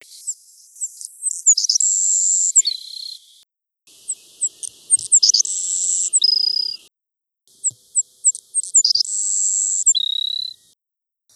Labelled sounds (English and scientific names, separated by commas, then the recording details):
Savannah Sparrow (Passerculus sandwichensis) song
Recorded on Kent Island, New Brunswick, in 1982